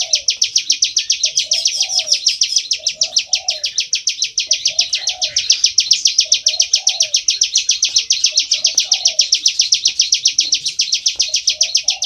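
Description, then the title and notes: Bar-winged prinia calling in a relentless train of sharp, buzzy notes, about four each second, accompanied by low rhythmic notes beneath. Continuous calling style known as ngebren, recorded for use as tutor audio (masteran) for training oriental magpie-robins. "Ciblek Ngebren Untuk Masteran Murai Batu. Suara burung ciblek"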